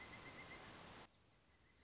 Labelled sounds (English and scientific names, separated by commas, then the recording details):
Pileated Woodpecker (Dryocopus pileatus)
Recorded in Sonoma County, California